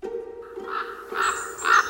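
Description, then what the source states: Common raven giving a few hoarse, croaking calls in quick succession, getting louder toward the end. Ravens waking from sleep at the forest edge by a heath; breeding again where they once disappeared.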